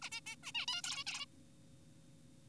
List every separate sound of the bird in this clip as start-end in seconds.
0.02-0.09, 0.12-0.20, 0.27-0.36, 0.43-0.52, 0.55-0.66, 0.68-0.82, 0.84-1.04, 1.07-1.26